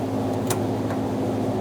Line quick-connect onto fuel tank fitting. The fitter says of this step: I'm just going to press it on. Make sure you hear that click